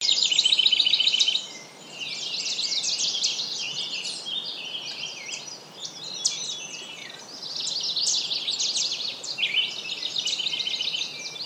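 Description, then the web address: Birds singing in a busy chorus of high, rapid chirps and trills, bursts rising and fading, with a couple of brief dips in activity. "pleasantforest vtour Bird Sounds"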